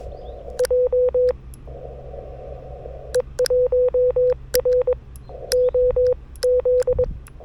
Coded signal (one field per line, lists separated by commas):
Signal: Morse code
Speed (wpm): 21 wpm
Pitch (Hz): 500 Hz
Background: none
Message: JE1ROZ